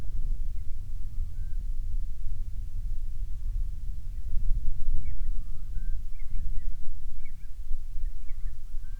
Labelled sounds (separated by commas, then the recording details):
loon, wind
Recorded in the Arctic National Wildlife Refuge, Alaska, on 3 August 2019 at 14:14
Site 49